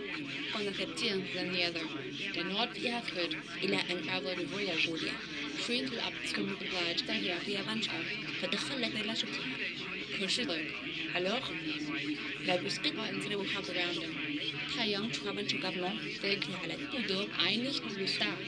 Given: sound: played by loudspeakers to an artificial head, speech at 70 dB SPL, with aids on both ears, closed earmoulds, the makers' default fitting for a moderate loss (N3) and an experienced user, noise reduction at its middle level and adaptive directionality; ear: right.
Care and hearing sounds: speech test signal (ISTS) in cocktail-party noise; 0 dB; on the right (90 degrees)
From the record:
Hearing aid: class 2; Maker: D

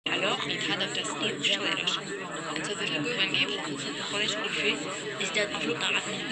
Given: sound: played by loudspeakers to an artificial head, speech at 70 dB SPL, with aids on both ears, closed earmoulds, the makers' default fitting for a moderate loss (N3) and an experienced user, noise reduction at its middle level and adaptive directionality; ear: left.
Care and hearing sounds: speech test signal (ISTS) in cocktail-party noise; -6 dB; in front (0 degrees)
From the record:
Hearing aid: class 1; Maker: C

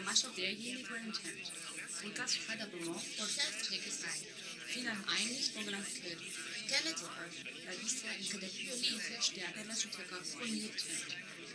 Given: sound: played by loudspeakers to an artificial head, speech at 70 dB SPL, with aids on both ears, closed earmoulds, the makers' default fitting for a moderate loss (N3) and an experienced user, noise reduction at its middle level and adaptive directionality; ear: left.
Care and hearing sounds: speech test signal (ISTS) in cocktail-party noise; +3 dB; on the right (90 degrees)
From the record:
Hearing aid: class 1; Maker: H

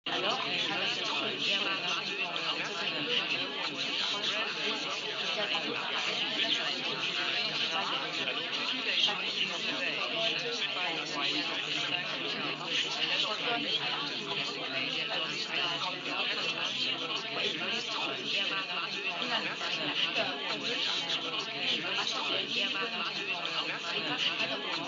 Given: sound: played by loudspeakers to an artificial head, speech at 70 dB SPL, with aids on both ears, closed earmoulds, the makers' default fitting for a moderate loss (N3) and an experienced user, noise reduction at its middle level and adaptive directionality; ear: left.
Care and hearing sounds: speech test signal (ISTS) in cocktail-party noise; -6 dB; on the right (90 degrees)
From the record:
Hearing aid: class 1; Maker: G

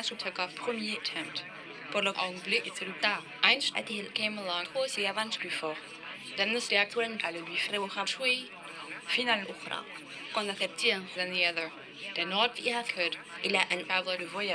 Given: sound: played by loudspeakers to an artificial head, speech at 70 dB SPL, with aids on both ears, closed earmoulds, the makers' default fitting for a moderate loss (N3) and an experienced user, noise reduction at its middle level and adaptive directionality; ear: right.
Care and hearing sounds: speech test signal (ISTS) in cocktail-party noise; +6 dB; on the right (90 degrees)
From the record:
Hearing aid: class 2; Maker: I

